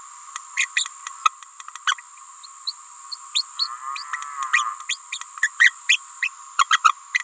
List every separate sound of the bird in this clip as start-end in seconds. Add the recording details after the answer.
0.57-0.66, 0.76-0.89, 1.25-1.29, 1.87-1.95, 2.67-2.73, 3.11-3.17, 3.34-3.43, 3.58-3.69, 4.13-4.17, 4.88-4.98, 5.42-5.50, 5.59-5.71, 5.89-6.00, 6.22-6.29, 6.58-6.66, 6.70-6.80, 6.83-6.93. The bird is a female. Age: 28 days. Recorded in a nest box in Venezuela. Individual 17B31A3